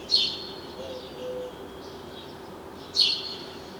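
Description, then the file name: House sparrow calls, two sharp chirps about three seconds apart against a faint steady hum. "Passer domesticus"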